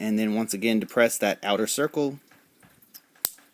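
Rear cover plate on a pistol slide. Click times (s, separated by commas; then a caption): 3.2 s. Someone talks for the first two seconds while reassembling a Ruger 9E pistol slide, pressing in the round striker assembly cap so the slide's rear cover plate, already started onto the slide, can slide home. After a quiet pause with faint small handling ticks, the rear cover plate clicks into place at 3.3 s with a sharp, loud, very short hit, and it is seated.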